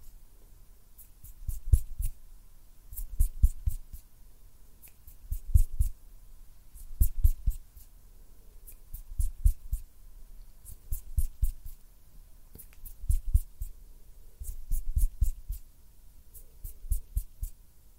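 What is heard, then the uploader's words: Close-up finger fluttering and hand sounds come in quick rhythmic bursts of soft taps and thumps, repeating every second or two. ASMR CLOSE-UP FINGER FLUTTERING AND HAND SOUNDS - NO TALKING.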